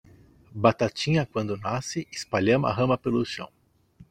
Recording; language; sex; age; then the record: short text; Brazilian Portuguese; male; 50 to 59 years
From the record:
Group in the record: control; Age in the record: 52 years